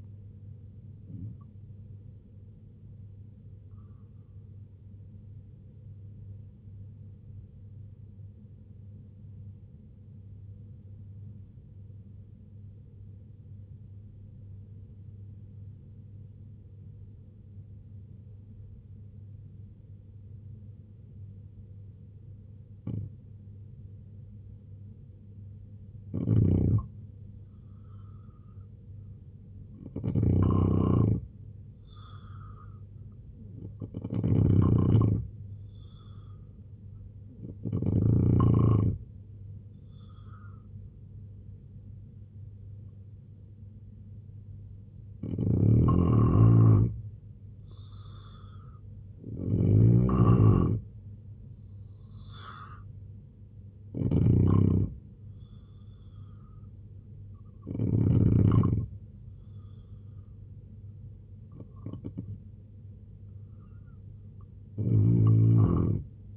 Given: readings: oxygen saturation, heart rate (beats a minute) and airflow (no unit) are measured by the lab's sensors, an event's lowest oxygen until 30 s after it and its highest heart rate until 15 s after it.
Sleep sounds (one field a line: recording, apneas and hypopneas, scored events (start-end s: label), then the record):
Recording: breathing in sleep by a smartphone at the bedside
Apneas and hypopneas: 1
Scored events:
4.00-66.37 s: new sleep stage, N2 (light sleep)
13.00-26.70 s: obstructive apnea (N2, oxygen 96% highest, then 85% lowest, heart rate 69 at the start, 72 highest)
From the record:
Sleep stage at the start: N1 (lightest sleep)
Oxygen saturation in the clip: 85 to 96%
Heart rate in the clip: 61 to 82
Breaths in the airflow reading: 10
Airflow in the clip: -3.7 to 5.9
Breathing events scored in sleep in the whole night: 258 in 7.4 hours asleep